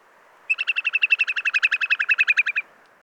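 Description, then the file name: Eurasian whimbrel call: a rapid, even trill of many clipped whistled notes at a steady pitch, stopping abruptly. "Scolopacidés-Numenius-phaeopus-Courlis-corlieu"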